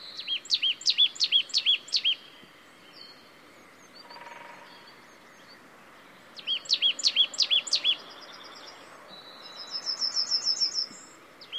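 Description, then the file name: Marsh tit calls: two bursts of rapid high chipping notes separated by a pause, each followed by a thin buzzy trill, over steady low background noise. "Poecile palustris"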